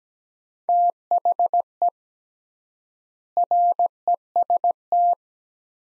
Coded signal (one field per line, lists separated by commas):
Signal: Morse code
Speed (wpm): 17 wpm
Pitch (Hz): 700 Hz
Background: none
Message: THE REST